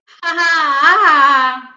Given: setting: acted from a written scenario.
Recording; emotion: vocal sound without words; triumph